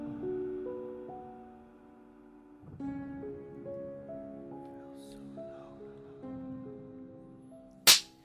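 A single hard, sharp slap cracks out near the end, loud and sudden after several seconds of soft, sustained melodic music with no talking.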